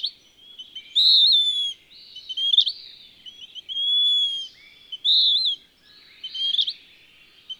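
Bird song of sustained high whistles alternating with chirpy phrases and sharp upslurs, a phrase roughly every second and a half.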